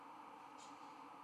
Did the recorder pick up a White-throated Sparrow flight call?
no